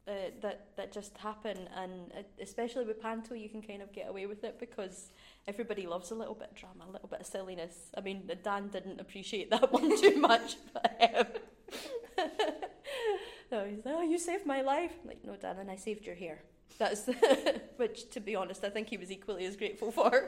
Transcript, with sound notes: that, that just happen and especially with panto, you can kinda get away with it because everybody loves a little bit of drama, a little bit of silliness, I mean Dan didn’t appreciate that one too much! [laughs] He was “oh you saved my life”, “no Dan, I saved your hair, that’s it”, which to be honest I think he was equally as grateful for.